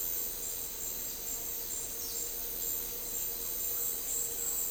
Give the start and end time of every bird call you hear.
1.94s-2.28s: bird call

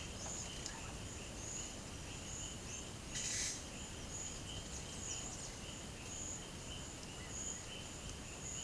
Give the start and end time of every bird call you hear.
3.18s-3.55s: bird call
4.46s-5.55s: bird call

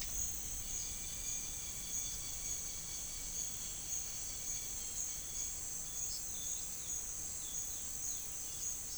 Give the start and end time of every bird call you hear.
0.43s-5.56s: bird call
6.04s-8.98s: bird call

